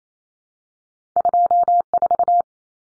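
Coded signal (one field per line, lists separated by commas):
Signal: Morse code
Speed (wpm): 28 wpm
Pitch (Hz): 700 Hz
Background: none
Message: 24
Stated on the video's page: Morse code head-copy drill of two-digit numbers at 28 wpm, each number sent, spoken, then sent again.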